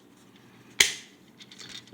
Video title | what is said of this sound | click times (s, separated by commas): Transformers Earthrise Megatron Review | we go once you hear that click that you're good and then you flip out the hands | 0.8 s